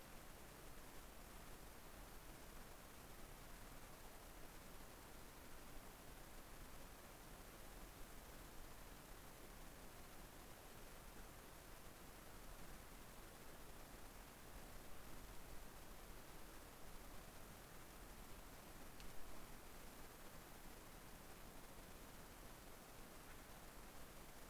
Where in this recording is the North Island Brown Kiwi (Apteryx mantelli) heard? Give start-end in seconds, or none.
none